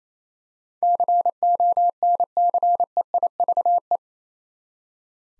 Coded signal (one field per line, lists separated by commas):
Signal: Morse code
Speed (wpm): 28 wpm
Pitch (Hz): 700 Hz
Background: none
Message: CONCEIVE